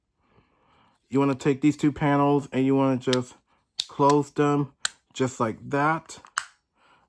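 Someone talks while two plastic panels on the body of a Transformers Studio Series Soundwave (G1) action figure are closed together. A sharp snap is heard at 6.4 s as the panels seat into place.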